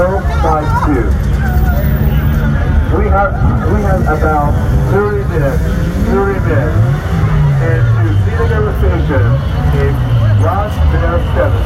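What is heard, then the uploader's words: A crowd talking at Shibuya Scramble Crossing on Halloween, with many voices overlapping in a thick, constant babble. Low traffic rumble runs underneath throughout, and individual voices rise and fall in pitch, some shouts standing out around the middle and later. Halloween Crowded at/around Shibuya Scrumble Crossing. Recorded with my iPhone instantly! モノラル録音。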